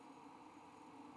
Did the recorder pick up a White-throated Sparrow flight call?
no